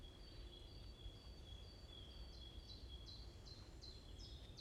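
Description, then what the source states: Bird giving a sustained high thin note in short repeated pulses, then sharp falling chirps about two a second take over, with low background rumble. Morning birds chirping in a forest at Bosvoorde, Watermaal-Bosvoorde, Brussels, Belgium; described as peaceful; recorded with an AMBE VR microphone.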